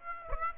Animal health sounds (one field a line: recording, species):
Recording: mosquito wingbeat signal from an infrared sensor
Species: Aedes aegypti